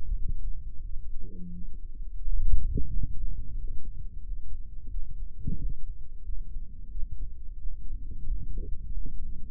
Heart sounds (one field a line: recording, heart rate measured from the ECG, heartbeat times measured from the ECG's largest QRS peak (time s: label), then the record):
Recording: heart sounds by microphone in the right ear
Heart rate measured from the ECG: 89 bpm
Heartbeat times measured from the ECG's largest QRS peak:
0.16 s: heartbeat
0.84 s: heartbeat
1.52 s: heartbeat
2.20 s: heartbeat
2.88 s: heartbeat
3.55 s: heartbeat
4.22 s: heartbeat
4.89 s: heartbeat
5.57 s: heartbeat
6.24 s: heartbeat
6.90 s: heartbeat
7.57 s: heartbeat
8.25 s: heartbeat
8.92 s: heartbeat
From the record:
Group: healthy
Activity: cold pressor test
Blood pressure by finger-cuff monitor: 145/89 mmHg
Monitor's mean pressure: 102 mmHg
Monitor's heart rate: 88 bpm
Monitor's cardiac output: 7.8 L/min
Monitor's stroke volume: 88 mL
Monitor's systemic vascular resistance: 960 dyn s/cm5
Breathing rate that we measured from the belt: 22 breaths a minute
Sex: male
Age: 57 years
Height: 188 cm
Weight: 106 kg